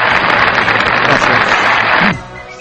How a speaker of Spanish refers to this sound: Pues, unos aplausos también grabados en el año 2004 a propósito de este programa.